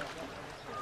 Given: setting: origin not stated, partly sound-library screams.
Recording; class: one-second piece from a danger detection set; normal situation